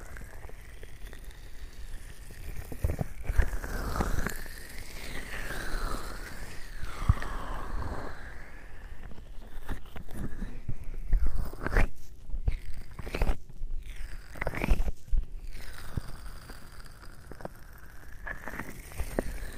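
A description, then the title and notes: Lotion rubbed over the ears makes slippery swishes and squelches that sweep up and down, with brief muffled pauses and soft clicks throughout. ASMR 3Dio Lotion Ear Massage.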